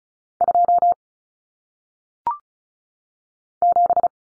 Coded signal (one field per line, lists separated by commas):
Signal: Morse code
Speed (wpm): 36 wpm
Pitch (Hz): 700 Hz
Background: none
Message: 2 7